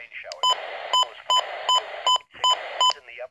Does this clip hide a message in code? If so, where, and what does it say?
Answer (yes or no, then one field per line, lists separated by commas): no